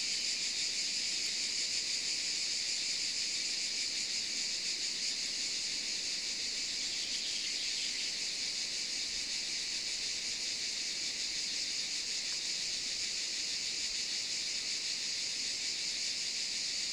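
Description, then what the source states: Cicadas singing in a dense, continuous shrill chorus, a steady high buzzing hiss that never pauses. In the Maures, Var, France, on 3 July 2024 at 13:30.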